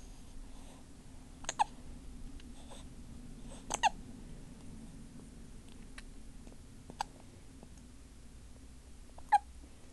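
An adult hiccups four times at irregular intervals over about ten seconds. Each hiccup is a sharp, abrupt, clipped gulp with a short voiced catch. Between them there is only a low steady background hiss and faint breathing.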